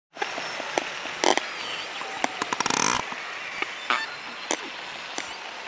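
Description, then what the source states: Narwhal sounds: separate clicks and a rapid buzz of pulses just before three seconds, over steady background hiss. Rapid clicks and chatter.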